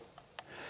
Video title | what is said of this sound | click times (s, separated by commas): TACTACAM REVEAL 3.0 OVERVIEW! | You just, for transport and whatnot, there you go. It's locked in. | 0.4 s